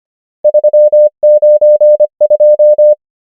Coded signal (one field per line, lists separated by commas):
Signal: Morse code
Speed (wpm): 25 wpm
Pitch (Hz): 600 Hz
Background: none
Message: 3 9 2